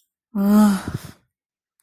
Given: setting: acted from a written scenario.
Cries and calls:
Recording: vocal sound without words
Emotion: contempt

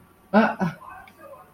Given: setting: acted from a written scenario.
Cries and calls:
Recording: vocal sound without words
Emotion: contempt

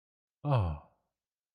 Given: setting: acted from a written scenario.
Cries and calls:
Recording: vocal sound without words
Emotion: awe

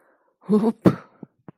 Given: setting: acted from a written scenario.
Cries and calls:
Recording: vocal sound without words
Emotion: embarrassment

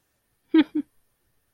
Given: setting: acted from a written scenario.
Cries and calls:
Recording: vocal sound without words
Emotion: amusement

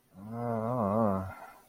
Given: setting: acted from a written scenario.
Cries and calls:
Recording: vocal sound without words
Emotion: embarrassment

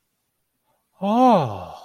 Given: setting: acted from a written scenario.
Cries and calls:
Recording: vocal sound without words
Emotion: realization

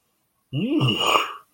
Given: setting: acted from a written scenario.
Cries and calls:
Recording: vocal sound without words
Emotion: disgust

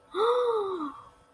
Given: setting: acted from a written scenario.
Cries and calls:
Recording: vocal sound without words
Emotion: awe

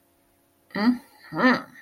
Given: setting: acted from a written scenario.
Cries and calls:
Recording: vocal sound without words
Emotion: romantic love

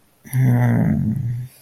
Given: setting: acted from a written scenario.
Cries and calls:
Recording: vocal sound without words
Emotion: shame

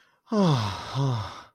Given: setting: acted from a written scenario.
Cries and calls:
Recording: vocal sound without words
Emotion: relief

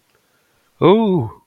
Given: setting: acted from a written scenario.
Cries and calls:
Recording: vocal sound without words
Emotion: fear

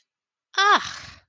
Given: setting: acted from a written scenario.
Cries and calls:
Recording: vocal sound without words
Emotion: disgust

